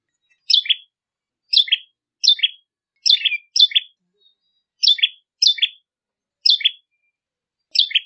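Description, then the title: Bar-winged prinia giving several short, bright, high chirping phrases that drop in pitch, repeated at slightly irregular intervals. "Ciblek"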